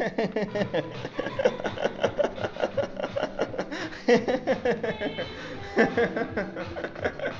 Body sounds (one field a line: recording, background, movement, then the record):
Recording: laughter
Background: music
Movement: walking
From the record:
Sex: male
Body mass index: 22.0 kg/m2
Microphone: on the chest, facing outward